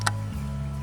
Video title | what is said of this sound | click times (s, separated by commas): 2017 Dodge Journey Oil Change (V-6) | you'll feel it kind of click. It's locked into place. | 0.0 s, 0.1 s